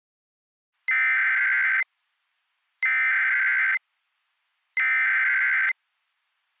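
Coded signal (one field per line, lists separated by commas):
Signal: Emergency Alert System (SAME) tones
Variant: header bursts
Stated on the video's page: Fictional EAS scenario with SAME tones, a zombie invasion alert for Show Low, Arizona.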